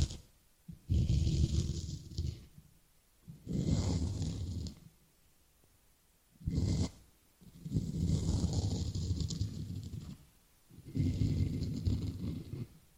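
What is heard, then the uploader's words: Ear cleaning sounds come in long rubbing, scratching bursts of a second or two, each with a deep rumble and a crinkly hiss above it. Five main bursts arrive with quiet gaps between them, and a short sharp one falls near the seventh second. This video includes tapping, scratching, crinkle sound, ear cleaning and more.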